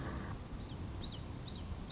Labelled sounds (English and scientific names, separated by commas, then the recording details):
Common Yellowthroat (Geothlypis trichas)
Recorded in Sonoma County, California